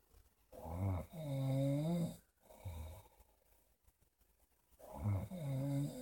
Two minutes of snoring.